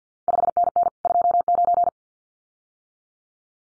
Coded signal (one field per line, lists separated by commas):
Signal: Morse code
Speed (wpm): 50 wpm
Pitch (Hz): 700 Hz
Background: none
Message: 5NN 29